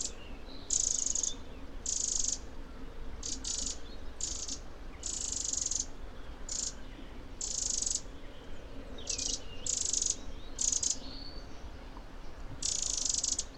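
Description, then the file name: Eurasian wren calls: dry, scratchy churring bursts, some doubled, repeated about a dozen times with short irregular gaps. "Troglodytes troglodytes"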